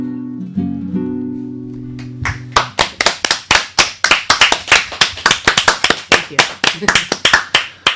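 A child claps hands steadily, many sharp loud claps in a quick, slightly uneven rhythm, beginning just as a held sung note fades out at the end of a song.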